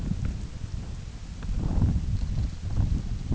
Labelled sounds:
none
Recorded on Arctic tundra, site UTQI-8, on 16 June 2019
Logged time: 20:00

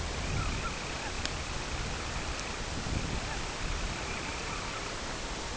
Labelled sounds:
Semipalmated Sandpiper (Calidris pusilla), unidentified sound
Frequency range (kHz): Semipalmated Sandpiper (Calidris pusilla) 1.9-3.0 kHz
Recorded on Arctic tundra, site CORI-1, on 12 June 2018
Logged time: 08:00

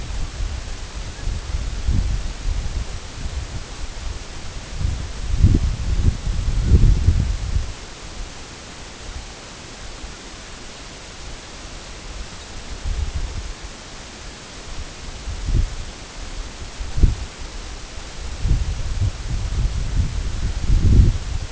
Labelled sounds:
Canada Goose (Branta canadensis), unidentified sound
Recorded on Arctic tundra, site EABA-1, on 23 June 2018
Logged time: 22:00

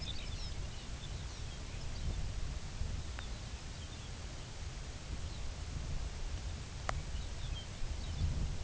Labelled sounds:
Lapland Longspur (Calcarius lapponicus), unidentified sound
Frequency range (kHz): Lapland Longspur (Calcarius lapponicus) 1.5-6.5 kHz
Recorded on Arctic tundra, site UTQI-2, on 15 June 2019
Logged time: 22:00

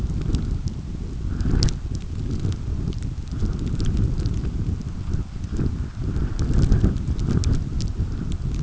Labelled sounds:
none
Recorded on Arctic tundra, site UTQI-5, on 29 June 2018
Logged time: 02:00

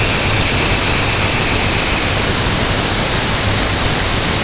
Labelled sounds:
Dunlin (Calidris alpina)
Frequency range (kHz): Dunlin (Calidris alpina) 1.4-3.4 kHz
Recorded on Arctic tundra, site UTQI-5, on 21 June 2018
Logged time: 06:00

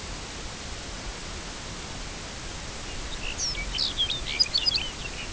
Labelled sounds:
Lapland Longspur (Calcarius lapponicus)
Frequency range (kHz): Lapland Longspur (Calcarius lapponicus) 1.7-7.5 kHz
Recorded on Arctic tundra, site UTQI-0, on 13 June 2019
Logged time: 00:00

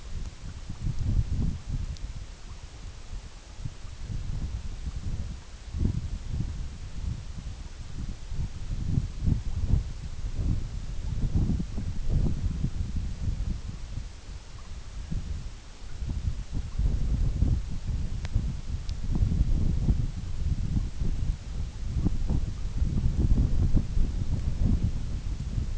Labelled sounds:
none
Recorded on Arctic tundra, site EABA-MC, on 21 June 2019
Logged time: 20:00

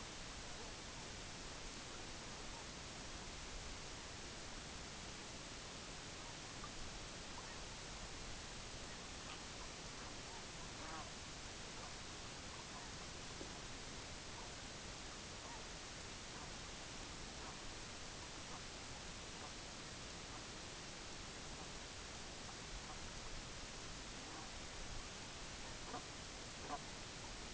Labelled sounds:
Brent Goose (Branta bernicla), unidentified sound
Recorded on Arctic tundra, site EABA-MC, on 22 June 2019
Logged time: 18:00

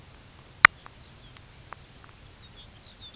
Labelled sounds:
Lapland Longspur (Calcarius lapponicus)
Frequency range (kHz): Lapland Longspur (Calcarius lapponicus) 2.4-5.8 kHz
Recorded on Arctic tundra, site UTQI-5, on 13 June 2019
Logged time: 16:00

